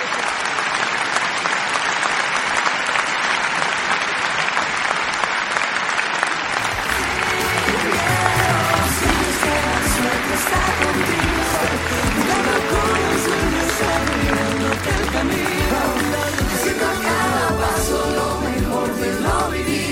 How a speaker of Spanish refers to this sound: Doctores, gracias por su trabajo. Les regalamos este gran aplauso.